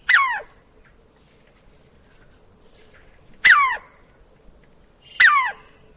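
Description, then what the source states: Squirrel call: three harsh, falling chattery barks, each brief and sweeping downward, spaced by pauses of one to three seconds over a low steady hum. In a forest.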